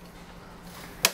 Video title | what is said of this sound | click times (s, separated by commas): How To Adjust your Limitless Paramotor | okay clamps are loose hear that little snap that was it popping out between the tubes | 1.0 s